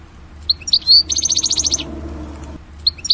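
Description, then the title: European goldfinch song: a few high chirps lead into a rapid buzzy trill, then scattered twittering notes. "Chant Chardonneret"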